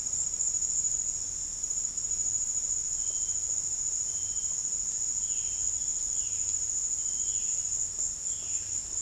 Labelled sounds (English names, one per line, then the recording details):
Violaceous Jay
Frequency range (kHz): Violaceous Jay 1.9-3.6 kHz
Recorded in dense forest near Puerto Asís, Putumayo, Colombia, on 13 March 2025 at 17:00
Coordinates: 0.484, -76.325
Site G045